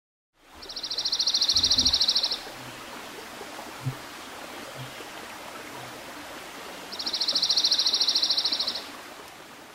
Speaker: That was the song of the dark-eyed junco, actually a type of sparrow, part of the same family.